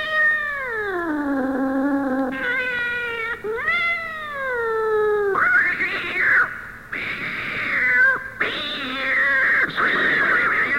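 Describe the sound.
Domestic cat fight yowls: long wavering caterwauls that rise and fall in pitch, then turn harsher and more strained, growling wails near the end.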